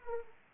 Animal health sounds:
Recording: mosquito wingbeat signal from an infrared sensor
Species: Anopheles arabiensis

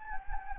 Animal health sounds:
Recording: mosquito wingbeat signal from an infrared sensor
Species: Anopheles gambiae

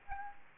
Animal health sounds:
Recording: mosquito wingbeat signal from an infrared sensor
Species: Aedes aegypti

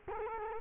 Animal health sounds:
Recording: mosquito wingbeat signal from an infrared sensor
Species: Culex quinquefasciatus

